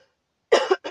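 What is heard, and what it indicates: A single throaty cough burst from an adult woman, followed by a brief second expulsion, like clearing a scratchy throat. Her voice is scratchy, and she has costochondritis, an inflammation of the rib cage that can leave her sounding out of breath.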